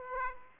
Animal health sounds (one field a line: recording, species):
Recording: mosquito wingbeat signal from an infrared sensor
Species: Aedes aegypti